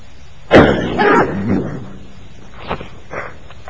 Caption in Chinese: 因为我是有一些东西流到气管里面，要把它咳出来，很辛苦。